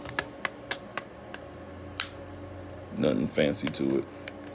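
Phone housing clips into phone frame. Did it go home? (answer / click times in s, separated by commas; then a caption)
no / none. During a phone screen replacement, the plastic housing clips of a phone are handled as they are pressed back toward the phone frame, giving a series of short, sharp ticks near the start and a louder one at about 2.0 s. Someone talks toward the end. Nothing has seated or clicked into place yet.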